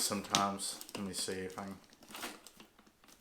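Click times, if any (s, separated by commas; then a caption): none. Someone talks while closing the plastic lid of a Plano Edge tackle box, trying to reproduce a latch failure. Faint plastic clicks and taps follow from about 2.0 s. One plastic side latch on the lid does not engage, so that side has not clicked or latched, which can let the box spill open.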